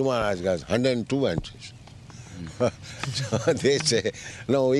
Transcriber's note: laughing